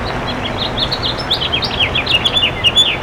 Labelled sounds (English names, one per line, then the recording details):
House Finch song
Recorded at Port Washington on Long Island, New York, on 22 May 2013
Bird A